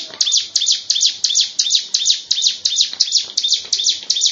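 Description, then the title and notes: Bird song of quick, bright chirps in an even series, about three per second. "Bird Sound. Kicau Burung Lengkap"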